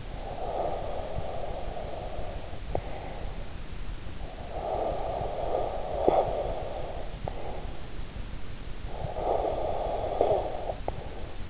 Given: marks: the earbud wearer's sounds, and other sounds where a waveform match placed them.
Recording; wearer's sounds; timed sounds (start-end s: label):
sounds in sleep by an in-ear microphone; breath, snoring breath
0.00-3.38 s: breath
4.15-7.93 s: snoring breath
8.64-11.50 s: snoring breath